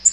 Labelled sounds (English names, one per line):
Black-throated Green Warbler flight call